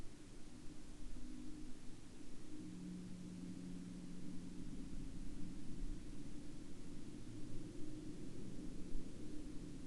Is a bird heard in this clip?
no